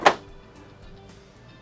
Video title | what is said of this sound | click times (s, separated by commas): For Sale - Used 2024 Dynamax Dynaquest XL 3400KD - $299,605 | And then you got your little water pitcher here that just snaps into place. | 0.1 s